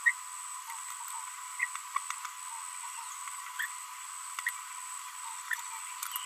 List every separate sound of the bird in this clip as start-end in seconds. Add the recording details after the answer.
0.06-0.11, 4.47-4.49, 5.51-5.54. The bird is a female. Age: 24 days. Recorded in a nest box in Venezuela. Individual 17B42B1